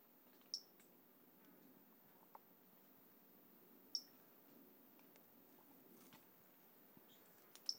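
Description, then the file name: Brachycephalus tridactylus giving short, high, sharp chirp-like notes, spaced about three to four seconds apart over a quiet, faint background hiss. Individual 14, not collected; recorded 10 March 2016. "Brachycephalus tridactylus individual 14 not collected by LF Ribeiro 10 III 16"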